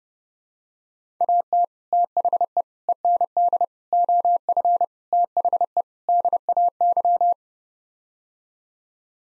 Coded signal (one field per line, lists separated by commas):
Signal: Morse code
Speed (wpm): 30 wpm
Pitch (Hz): 700 Hz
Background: none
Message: AT THE END OF THE DAY